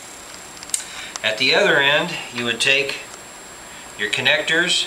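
A camera power lead's plug is pushed into its mating power connector and seats with a sharp click at 0.7 s, just after two faint ticks. Someone then talks for most of the rest of the clip.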